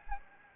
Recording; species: mosquito wingbeat signal from an infrared sensor; Anopheles gambiae